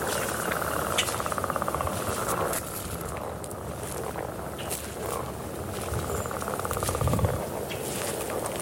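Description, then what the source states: Leopard frogs calling in chorus: long pulsed rattling trains early and late, with engine hum and scattered clicks throughout. Mating chorus during the annual mating rituals in a wetland, Cooper Marsh Conservation Area near the village of Lancaster.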